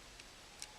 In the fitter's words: Make sure it's nice and makes a nice clicking sound,